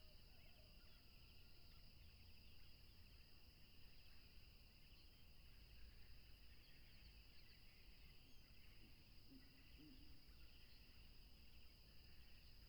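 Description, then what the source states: Crickets trilling continuously on two shrill bands throughout, with a couple of faint low calls near the end and a heavy rumbling, watery background. Tropical river setting.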